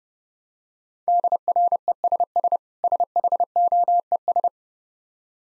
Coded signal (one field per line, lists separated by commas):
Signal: Morse code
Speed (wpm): 30 wpm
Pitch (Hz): 700 Hz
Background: none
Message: DRESS SHOES